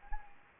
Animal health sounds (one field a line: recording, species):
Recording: mosquito wingbeat signal from an infrared sensor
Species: Anopheles gambiae